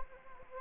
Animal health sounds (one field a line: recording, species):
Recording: mosquito wingbeat signal from an infrared sensor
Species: Anopheles gambiae